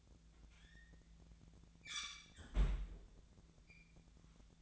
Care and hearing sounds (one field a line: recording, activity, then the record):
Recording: daily activity, microphone in the room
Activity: close fridge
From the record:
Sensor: 3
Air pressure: 1009.6 hPa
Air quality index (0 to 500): 193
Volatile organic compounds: 15 ppm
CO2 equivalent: 2513 ppm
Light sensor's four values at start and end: 37/92/39/42 and 37/92/39/42